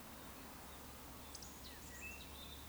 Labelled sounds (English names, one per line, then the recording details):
Eurasian Woodcock whistle
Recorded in Baden-Württemberg, Germany, on 3 June 2021 at 19:26 UTC
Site 49334, 1074 m above sea level